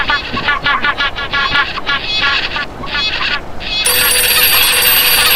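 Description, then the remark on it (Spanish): A run of quick, nasal honking calls gives way to a telephone ringing at Marambio Base in Antarctica, a steady, bright electronic tone that rises loud and holds unbroken until the end. “Silencio, que está sonando el teléfono, amigos.”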